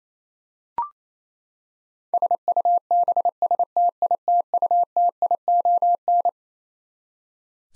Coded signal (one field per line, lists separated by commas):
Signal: Morse code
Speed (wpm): 27 wpm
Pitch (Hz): 700 Hz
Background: none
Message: SUBSTITUTION